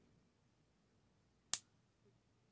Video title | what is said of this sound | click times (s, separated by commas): Halo Infinite Beta: World of Halo 4" scale Action Figures from Tunghori.com Unboxing Reveiw | hear that snap now it's locked in place | 1.5 s